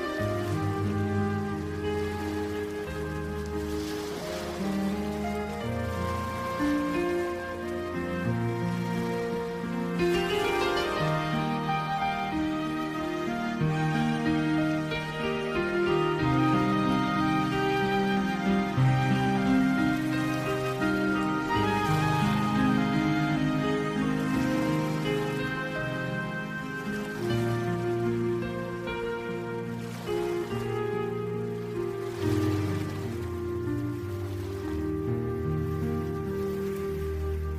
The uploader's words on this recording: Soothing blend of white noise, relaxing piano, and flute music. The white noise acts as a gentle background hum.